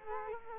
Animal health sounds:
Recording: mosquito wingbeat signal from an infrared sensor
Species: Culex quinquefasciatus

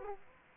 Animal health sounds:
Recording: mosquito wingbeat signal from an infrared sensor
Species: Aedes aegypti

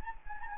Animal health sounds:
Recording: mosquito wingbeat signal from an infrared sensor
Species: Anopheles gambiae

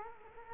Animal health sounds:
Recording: mosquito wingbeat signal from an infrared sensor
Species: Culex quinquefasciatus

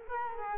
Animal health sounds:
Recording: mosquito wingbeat signal from an infrared sensor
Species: Culex quinquefasciatus

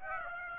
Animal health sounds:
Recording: mosquito wingbeat signal from an infrared sensor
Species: Aedes aegypti

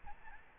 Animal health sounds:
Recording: mosquito wingbeat signal from an infrared sensor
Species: Aedes albopictus

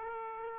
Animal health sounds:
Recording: mosquito wingbeat signal from an infrared sensor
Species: Aedes aegypti

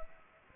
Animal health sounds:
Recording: mosquito wingbeat signal from an infrared sensor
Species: Anopheles gambiae

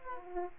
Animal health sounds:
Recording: mosquito wingbeat signal from an infrared sensor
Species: Aedes aegypti

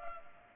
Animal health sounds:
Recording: mosquito wingbeat signal from an infrared sensor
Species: Culex pipiens

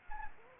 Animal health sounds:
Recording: mosquito wingbeat signal from an infrared sensor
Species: Anopheles gambiae

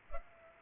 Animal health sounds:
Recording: mosquito wingbeat signal from an infrared sensor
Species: Culex pipiens

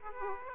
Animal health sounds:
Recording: mosquito wingbeat signal from an infrared sensor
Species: Aedes aegypti

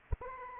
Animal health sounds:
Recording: mosquito wingbeat signal from an infrared sensor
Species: Anopheles arabiensis

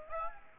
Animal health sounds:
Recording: mosquito wingbeat signal from an infrared sensor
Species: Aedes aegypti

